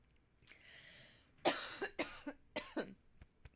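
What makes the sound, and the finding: Adult woman. Cough.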